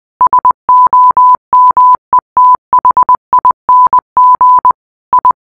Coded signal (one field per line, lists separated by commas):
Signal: Morse code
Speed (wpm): 20 wpm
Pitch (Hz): 1000 Hz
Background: none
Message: SOMETHING I